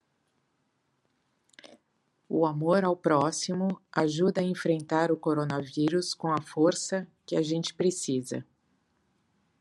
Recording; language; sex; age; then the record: spoken sentence; Brazilian Portuguese; female; 50 to 59 years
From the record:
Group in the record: control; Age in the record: 58 years